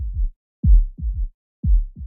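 Adult heart heard by stethoscope: a gallop rhythm, low-pitched beats falling in groups of three, an extra heart sound that appears only when the heart is under real strain and cannot be captured by ultrasound, only heard by ear.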